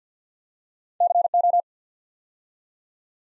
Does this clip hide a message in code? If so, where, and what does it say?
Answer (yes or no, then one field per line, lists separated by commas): yes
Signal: Morse code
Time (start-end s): 1.0-1.6 s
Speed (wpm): 48 wpm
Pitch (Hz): 700 Hz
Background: none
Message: CO